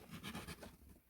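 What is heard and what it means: A side panel of a handmade diorama box is handled and pushed toward its place, giving soft scraping and rubbing sounds with a few low bumps over about a second. Nothing has seated or clicked yet.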